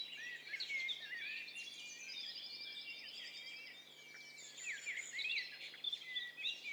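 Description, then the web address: Many birds sing at once, a busy tangle of high whistles, rapid trills and sweeping chirps overlapping. Several birds calling at once; stereo recording. "Hi Fi STEREO BIRD COCKTAIL PARTY Challenge"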